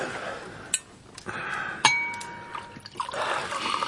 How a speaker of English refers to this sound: Top up the fellow's glass.